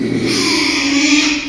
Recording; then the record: squeal of a Yucatan mini pig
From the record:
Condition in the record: after surgery on the right vocal fold (resection and tissue-engineered implant); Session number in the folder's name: 2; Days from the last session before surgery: 13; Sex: male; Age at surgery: 12 weeks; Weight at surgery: 13 kg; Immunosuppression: cyclosporine, prednisolone